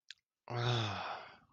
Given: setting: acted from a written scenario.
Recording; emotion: vocal sound without words; awe